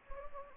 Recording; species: mosquito wingbeat signal from an infrared sensor; Anopheles gambiae